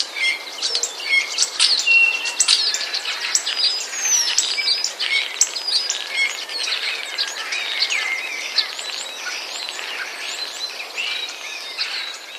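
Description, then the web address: Common starling song, a dense, continuous medley of varied chirps, clicks and short whistles tumbling over one another without pause. Starlings mimicking sounds borrowed from sparrows. "wroblowe zapozyczenia szpaki"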